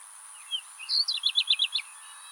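Pied bush chat calling: a couple of thin high notes, then a quick run of several sharp, repeated chirps in under a second, with a steady high tone behind.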